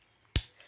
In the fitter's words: You hear the click when you've clicked them in.